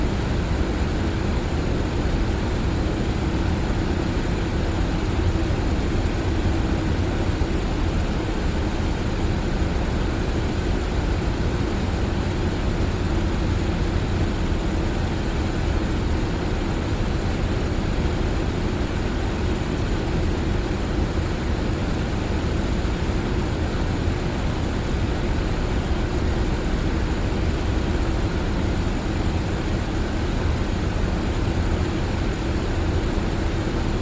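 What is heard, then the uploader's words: A fan runs steadily for the whole clip, a constant airy whoosh with a low rumbling hum underneath. The sound never changes in level or pitch, with a faint steady tone riding in the lower middle. It sounds close and even, with no other events. Sound Of A Fan. White Noise.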